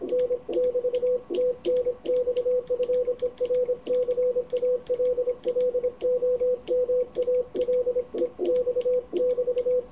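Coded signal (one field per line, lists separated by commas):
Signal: Morse code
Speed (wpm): 25 wpm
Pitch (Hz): 500 Hz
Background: radio noise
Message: N <BT> TNX FER CALL OM ALEX <BT>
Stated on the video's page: Live amateur Morse QSO.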